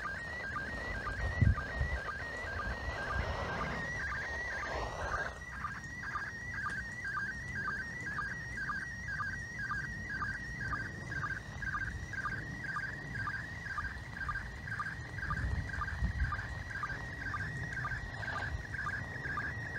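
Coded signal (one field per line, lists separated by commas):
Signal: SSTV (slow-scan television)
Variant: PD120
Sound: warbling tone shifting pitch with a regular short low blip, steady rhythm, under hiss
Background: radio static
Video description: they use 145.800 down, hold the monitor button, and use a SSTV decoding app to process it, today's event was in format PD120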